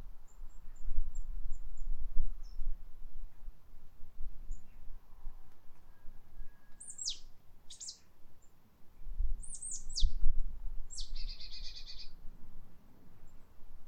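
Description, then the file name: Marsh tit calls: faint thin high ticks, then several sharp, steeply falling notes and a short buzzy, harsh burst near the end, over low rumbling background noise. "Poecile palustris"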